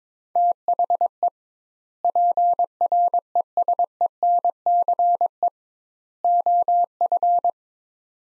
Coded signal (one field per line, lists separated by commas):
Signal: Morse code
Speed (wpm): 22 wpm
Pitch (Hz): 700 Hz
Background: none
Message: THE PRESENCE OF